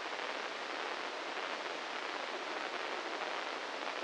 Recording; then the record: brain microelectrode recording played as sound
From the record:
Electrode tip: inside the subthalamic nucleus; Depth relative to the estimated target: 0 mm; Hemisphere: right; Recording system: NeuroSet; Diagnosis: Parkinson's disease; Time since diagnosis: 15 years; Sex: male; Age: 65 years